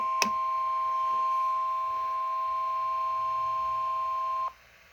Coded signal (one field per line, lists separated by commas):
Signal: Emergency Alert System (SAME) tones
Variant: 1050 Hz attention tone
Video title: EAS #519: SMW